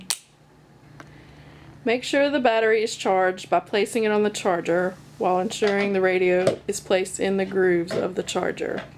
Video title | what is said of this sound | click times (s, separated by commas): 700 MHz Radio Training Series - Part 3 | the radio and go it back toward the radio and they'll click into place make | 0.1 s